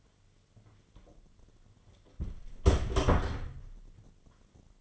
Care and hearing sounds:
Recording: daily activity, microphone in the room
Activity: close door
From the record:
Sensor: 4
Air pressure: 1008.2 hPa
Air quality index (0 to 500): 182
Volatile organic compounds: 5 ppm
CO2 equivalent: 1822 ppm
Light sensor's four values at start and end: 23/72/27/26 and 23/74/28/27

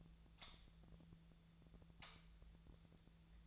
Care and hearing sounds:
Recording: daily activity, microphone in the room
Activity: light on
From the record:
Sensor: 3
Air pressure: 1009.8 hPa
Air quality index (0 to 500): 190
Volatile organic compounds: 15 ppm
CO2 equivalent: 2481 ppm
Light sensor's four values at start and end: 39/96/41/44 and 45/119/50/52

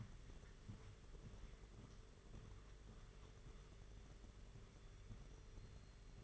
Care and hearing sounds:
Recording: daily activity, microphone in the room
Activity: walk to room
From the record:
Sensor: 4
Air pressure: 991.9 hPa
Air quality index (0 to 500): 86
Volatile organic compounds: 7 ppm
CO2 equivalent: 1958 ppm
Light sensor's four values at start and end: 19/64/23/24 and 21/75/27/29

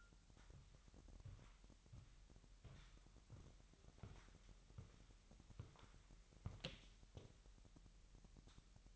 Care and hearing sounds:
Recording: daily activity, microphone in the room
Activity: walk to room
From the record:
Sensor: 3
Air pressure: 1002.0 hPa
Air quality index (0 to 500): 247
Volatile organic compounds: 49 ppm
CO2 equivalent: 3282 ppm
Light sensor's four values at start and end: 8/18/7/7 and 8/19/8/8

